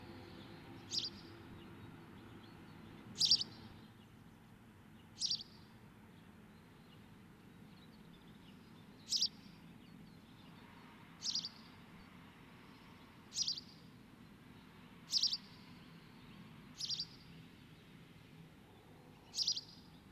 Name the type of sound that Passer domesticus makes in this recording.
song